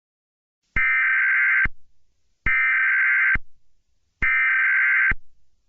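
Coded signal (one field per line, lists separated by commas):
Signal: Emergency Alert System (SAME) tones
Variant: header bursts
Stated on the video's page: Fictional EAS scenario about incoming nuclear attack, simulated.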